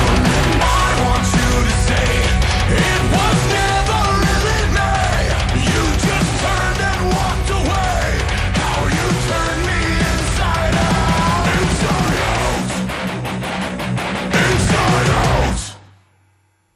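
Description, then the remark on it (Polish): A loud, dense metal song with heavy distorted guitars and pounding drums under a man's shouted, aggressive vocals, playing at full intensity for about fifteen seconds before cutting off abruptly. “tak krzyczeli panowie z grupy”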